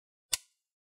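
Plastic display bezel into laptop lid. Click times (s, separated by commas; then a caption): 0.3 s. A plastic display bezel is pinched together with the lid of a Huawei D15 BOH-WAP9R laptop during an LCD display replacement. A single sharp, bright click sounds at 0.3 s and fades quickly. The bezel clip snaps home and locks, and the bezel is seated.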